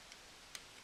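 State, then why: Not seated. Someone fits the cover onto a vintage spring-loaded Gillette travel case, made in USA, that holds a safety razor and a little container of Gillette blades. Two short, faint ticks sound at about 0.1 s and a sharper one at 0.6 s over a steady low hiss. The cover is still being handled and nothing has snapped into place yet.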